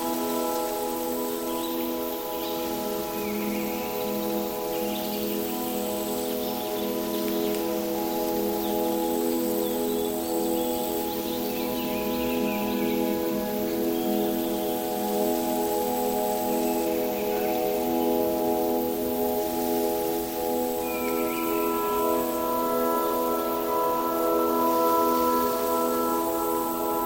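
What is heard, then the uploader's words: Tranquil music of sustained bell-like tones hums steadily over soft rustling, with faint bird chirps and small bright shimmers scattered throughout. Enchanted Forest Ambience. Relax among rustling leaves, chirping birds, and playful fairies in an enchanted forest during Autumn. Tranquil music and nature sounds.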